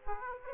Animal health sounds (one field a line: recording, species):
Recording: mosquito wingbeat signal from an infrared sensor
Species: Aedes aegypti